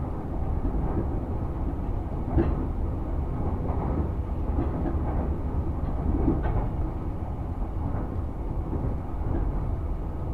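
A train ride, heard from inside a moving railway car. A steady, dense low rumble continues throughout, with faint brighter clicks and knocks from the rails about every second or two, a sharper one near two and a half seconds.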